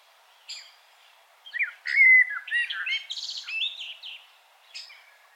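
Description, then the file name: Common blackbird song phrase, a few soft introductory chips, then a rich fluting warble that breaks into scratchy high twitters, with one more chip at the end. "Turdus merula"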